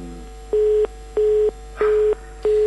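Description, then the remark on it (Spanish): A telephone busy signal after a call is cut off: a steady mid-pitched tone pulsing on and off in even beats, four loud bursts with short silent gaps between them, with no voices over it. “Y eso te da que hay que pagar el teléfono, ¿viste? Porque no puede ser que el teléfono se quede de esta manera.”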